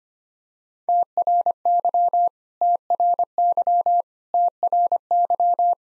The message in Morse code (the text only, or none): TRY TRY TRY